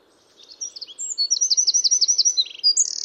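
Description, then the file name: Eurasian wren singing a rapid stream of high notes that settles into a steady trill, with more notes starting at the end. "Troglodytes troglodytes"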